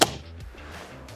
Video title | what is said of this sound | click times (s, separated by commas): How to install your Team Wendy Ballistic and All-Terrain Mandible. | It should snap into place, and you should see the front of the rail | 0.0 s